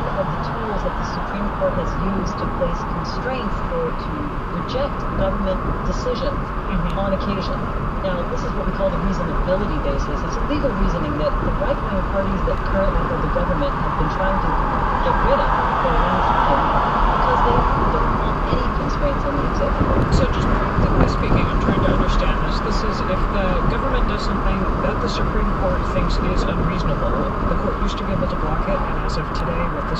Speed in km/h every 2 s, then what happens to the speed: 56, 60, 63, 63, 63, 63, 64, 66, 69, 72, 74, 76, 72, 71, 66.
0-4 speeds up to 63. 4-11 steady at about 63. 11-21 speeds up to 76. 21-30 slows to 66.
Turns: none.